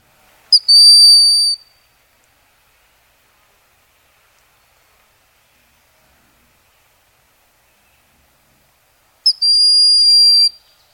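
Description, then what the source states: Broad-winged Hawk call: a thin, high, drawn-out whistle about a second long, given twice roughly nine seconds apart, with silence between. Recording played on air; the host says it sounds like a cute little bird rather than a ferocious raptor.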